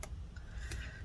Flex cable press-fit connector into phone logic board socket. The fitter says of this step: there we go all right push everything down make sure it's all clicked into place